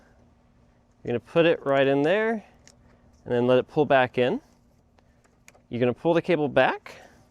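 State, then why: Not seated. Someone talks while handling the hatch popper release cable on a Honda Element, pulling the cable back and guiding its end toward the track of the hatch release button mechanism. Between the speech, two brief faint ticks occur at about 5.0 and 5.5 s. Nothing has snapped in or seated yet.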